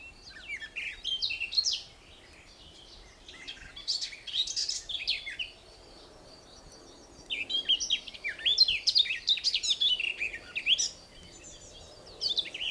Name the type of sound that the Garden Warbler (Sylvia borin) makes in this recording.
song